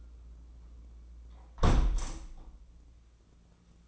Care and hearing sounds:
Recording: daily activity, microphone in the room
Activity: close window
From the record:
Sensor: 1

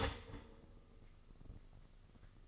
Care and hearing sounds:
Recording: daily activity, microphone in the room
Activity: start toaster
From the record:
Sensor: 4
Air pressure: 1007.8 hPa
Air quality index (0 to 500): 103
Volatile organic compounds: 1 ppm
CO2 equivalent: 765 ppm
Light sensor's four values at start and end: 9/21/8/9 and 10/21/9/9

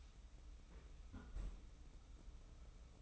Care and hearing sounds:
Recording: daily activity, microphone in the room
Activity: close fridge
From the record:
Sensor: 1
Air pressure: 991.0 hPa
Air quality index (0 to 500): 112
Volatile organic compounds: 122 ppm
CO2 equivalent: 3887 ppm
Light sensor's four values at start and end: 19/45/19/21 and 19/45/19/20

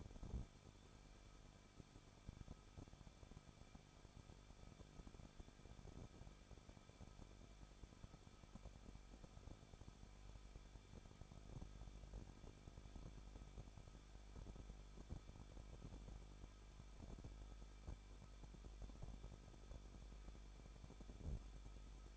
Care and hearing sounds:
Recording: daily activity, microphone in the room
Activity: no activity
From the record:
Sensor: 5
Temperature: 20.9 degrees Celsius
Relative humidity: 38.2%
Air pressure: 1006.4 hPa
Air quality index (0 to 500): 187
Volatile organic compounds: 18 ppm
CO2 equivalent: 2627 ppm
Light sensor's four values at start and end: 2/3/1/1 and 2/3/1/1

